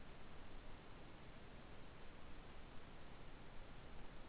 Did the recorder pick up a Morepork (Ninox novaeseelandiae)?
no